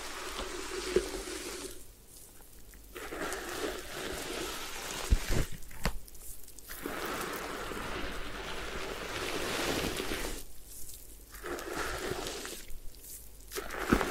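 A head spa hair wash: water sprays in steady hissing rushes that cut off briefly four times, with a few sharp clicks near five seconds.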